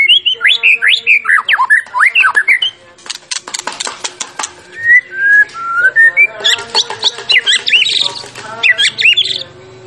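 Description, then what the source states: White-rumped shama song of tumbling whistled slurs, a burst of sharp clicks, then soft rising whistles and dense chattering phrases. Champion bird, used as song-training material (masteran) for other birds.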